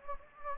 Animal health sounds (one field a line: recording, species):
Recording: mosquito wingbeat signal from an infrared sensor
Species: Anopheles gambiae